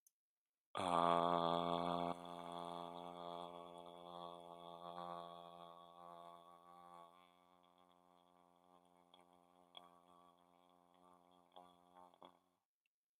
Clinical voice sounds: vowel held as long as possible; male; 20 to 29 years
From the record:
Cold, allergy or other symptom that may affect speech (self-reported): no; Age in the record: 23 years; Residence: New Hampshire, United States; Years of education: 17

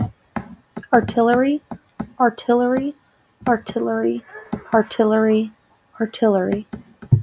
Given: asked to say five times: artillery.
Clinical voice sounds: repeated word; female; 30 to 39 years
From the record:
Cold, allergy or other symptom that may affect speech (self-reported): no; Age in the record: 31 years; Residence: Arizona, United States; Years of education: 15

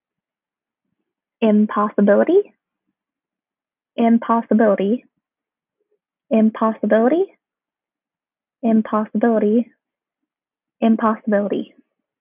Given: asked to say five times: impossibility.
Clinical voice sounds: repeated word; female; 20 to 29 years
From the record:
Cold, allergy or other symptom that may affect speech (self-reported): no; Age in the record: 24 years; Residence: West Virginia, United States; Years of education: 19

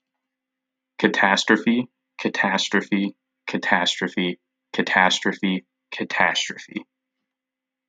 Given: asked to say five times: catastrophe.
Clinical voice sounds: repeated word; male; 20 to 29 years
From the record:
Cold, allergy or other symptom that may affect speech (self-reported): no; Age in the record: 24 years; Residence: Indiana, United States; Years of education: 16

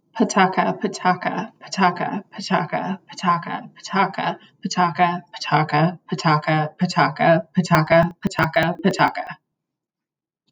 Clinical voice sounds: repeated syllables /pa ta ka/; female; 20 to 29 years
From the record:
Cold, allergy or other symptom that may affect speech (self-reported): no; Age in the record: 28 years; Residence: Pennsylvania, United States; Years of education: 16

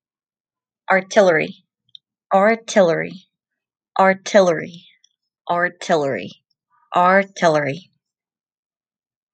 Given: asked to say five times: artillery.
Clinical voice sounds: repeated word; female; 20 to 29 years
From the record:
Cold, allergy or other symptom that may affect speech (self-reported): no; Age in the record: 28 years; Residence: Colorado, United States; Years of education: 12

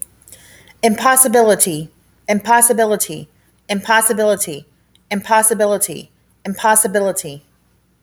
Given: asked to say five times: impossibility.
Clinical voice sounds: repeated word; female; 30 to 39 years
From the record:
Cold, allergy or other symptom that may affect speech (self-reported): no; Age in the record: 33 years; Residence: Nevada, United States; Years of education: 16

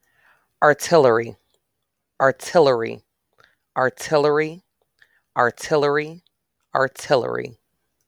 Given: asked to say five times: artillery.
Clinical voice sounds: repeated word; female; 40 to 49 years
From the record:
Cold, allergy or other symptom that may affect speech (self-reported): no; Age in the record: 40 years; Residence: Illinois, United States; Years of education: 12

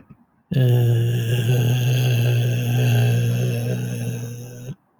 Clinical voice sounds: vowel held as long as possible; male; 30 to 39 years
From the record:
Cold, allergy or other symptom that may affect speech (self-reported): no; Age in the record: 32 years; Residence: California, United States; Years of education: 18

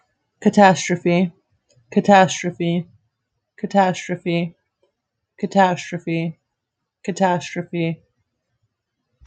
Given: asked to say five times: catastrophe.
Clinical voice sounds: repeated word; female; 20 to 29 years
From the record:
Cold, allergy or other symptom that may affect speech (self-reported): no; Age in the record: 23 years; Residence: Florida, United States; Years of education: 13

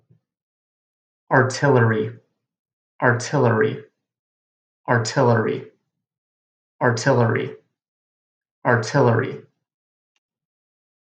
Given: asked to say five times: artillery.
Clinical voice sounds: repeated word; male; 30 to 39 years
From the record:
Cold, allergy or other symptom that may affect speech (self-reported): no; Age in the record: 33 years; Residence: California, United States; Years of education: 18

